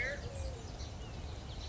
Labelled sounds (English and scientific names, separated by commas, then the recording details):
Eurasian Collared Dove (Streptopelia decaocto)
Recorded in Sonoma County, California